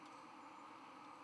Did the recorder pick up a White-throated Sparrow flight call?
no